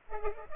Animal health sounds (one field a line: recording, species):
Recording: mosquito wingbeat signal from an infrared sensor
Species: Culex pipiens